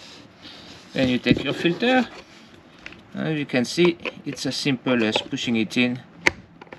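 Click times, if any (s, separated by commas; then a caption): 6.3 s. A new paper oil filter element for a VW Touran is pushed into its plastic oil filter housing cap while someone talks. A single sharp click is heard at 6.3 s, followed by two faint ticks, as the element seats in the cap.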